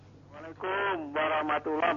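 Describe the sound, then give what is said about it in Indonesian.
A caller's voice comes through a telephone line, thin and band-limited, speaking in a few short bursts over a faint steady hum: a listener phoning in to a live Islamic question-and-answer broadcast to ask a question. “Ya, ada telepon yang masuk.”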